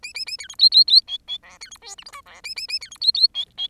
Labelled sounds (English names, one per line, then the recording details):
Bengalese Finch song
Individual Bird10